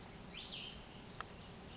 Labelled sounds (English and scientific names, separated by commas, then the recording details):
Cassin's Vireo (Vireo cassinii)
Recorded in Sonoma County, California